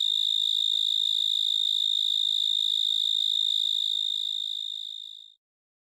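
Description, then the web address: Pine Tree Cricket song: a steady, high, finely pulsed trill held on one pitch for over five seconds, then fading and stopping. "Crickets and Katydids. Pine Tree Cricket"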